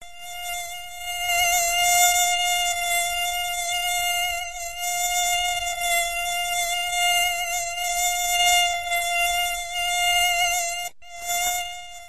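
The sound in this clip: Honey bee buzzing, a steady high whining drone with many overtones that holds for about eleven seconds, breaks off briefly, then resumes.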